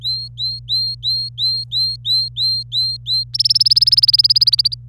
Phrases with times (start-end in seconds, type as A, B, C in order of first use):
0.00-3.24 A, 3.34-4.74 B